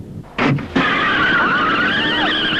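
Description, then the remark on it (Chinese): A speeding car gives two quick roaring bursts, then its tires break into a long, loud, high-pitched skid squeal whose pitch wavers for about two seconds, with no one talking. “你怎么开得这么快啊？”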